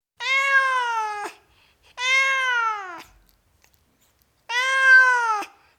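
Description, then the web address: Cat giving three long, loud meows, each slightly falling in pitch and lasting about a second, with short silent gaps between them. Tom cat meowing. "The BBC Sound Effects Library. Tom Cat, Meowing"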